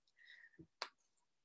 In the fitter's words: And again, I don't know if you saw it, but it snaps right in the front, right at the side.